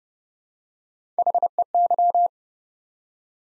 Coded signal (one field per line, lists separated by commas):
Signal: Morse code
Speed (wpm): 28 wpm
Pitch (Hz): 700 Hz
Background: none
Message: HEY